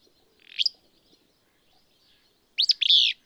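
Willow Flycatcher song: a sharp upslurred note, then after a pause a buzzy, sneezy two-part phrase, high-pitched and emphatic.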